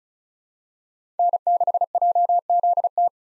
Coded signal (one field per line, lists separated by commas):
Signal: Morse code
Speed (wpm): 36 wpm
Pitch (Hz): 700 Hz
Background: none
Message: N6JZT